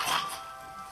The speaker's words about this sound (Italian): Dio c'è! Piove! Piove!